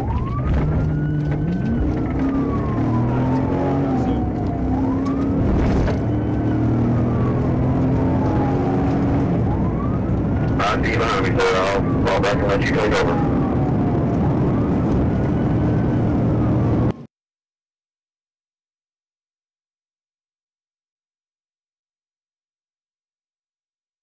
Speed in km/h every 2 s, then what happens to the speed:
58, 85, 105, 122, 135, 150, 159, 164, 175, 184, 184, 188.
0-24 speeds up to 188.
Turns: none.